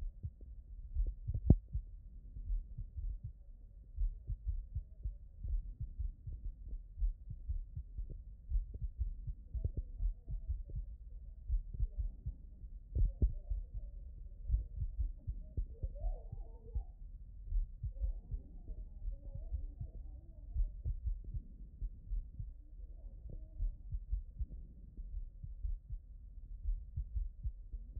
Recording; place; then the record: heart sounds by stethoscope; aortic valve (AV)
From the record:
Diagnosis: non-HFrEF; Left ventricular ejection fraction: 64%